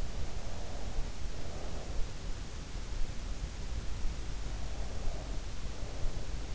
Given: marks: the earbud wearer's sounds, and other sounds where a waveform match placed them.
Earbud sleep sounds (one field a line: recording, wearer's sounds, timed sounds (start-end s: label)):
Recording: sounds in sleep by an in-ear microphone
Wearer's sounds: breath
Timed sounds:
0.00-2.18 s: breath
4.14-6.51 s: breath